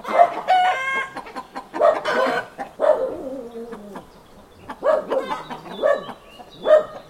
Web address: Hollywood Edge Historical Series Traffic Free BG's Farmyard With Chickens Ducks